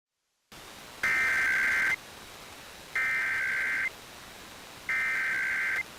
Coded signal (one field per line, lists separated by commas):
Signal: Emergency Alert System (SAME) tones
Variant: header bursts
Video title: 12-11-18 Colorado Required Monthly Tests (EAS #269 - #270)